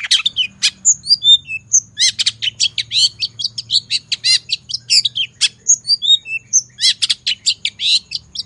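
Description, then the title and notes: Long-tailed shrike singing a busy medley of scratchy chirps, quick trills and brief whistled notes, delivered almost without pause and staying high-pitched throughout. Morning recording of singing long-tailed shrike used as a lure; song described as energetic and full of fill phrases with 'toet toet' variations. "Cendet Gacor Dor Di Kala Pagi Toet Toet Variasi Suara. Pancingan Cendet FULL Isian GACOR DOR. Burung cendet"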